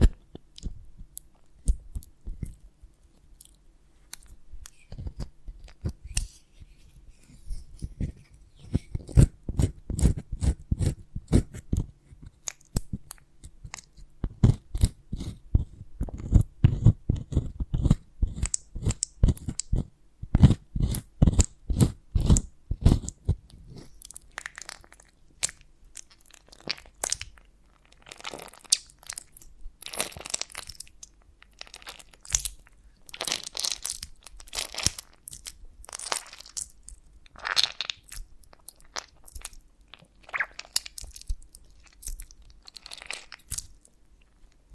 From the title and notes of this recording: ASMR of a Honeycomb on Branch (No Talking).